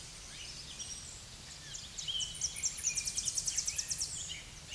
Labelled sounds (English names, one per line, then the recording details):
Tennessee Warbler song
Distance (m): 30 m
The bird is about 25 m above the microphone
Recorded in a Pennsylvania forest on 16 May 2024 at 07:13
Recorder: AudioMoth, point MSD-2074
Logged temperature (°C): 16.3 °C
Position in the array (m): 155 m, 216 m